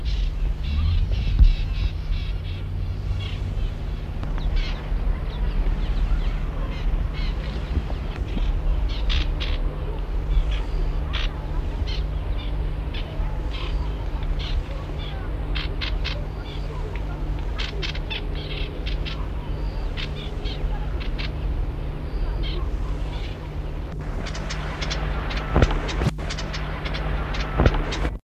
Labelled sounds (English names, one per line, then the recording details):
African Reed Warbler alarm call
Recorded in the wild
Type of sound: alarm call
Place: Swakopmund
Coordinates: -22.675, 14.526
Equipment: Halbspur, 9,5 cm/s
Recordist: Lütgens, Hans
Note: Flügge Junge, Alte warnen, zunächst gefüttert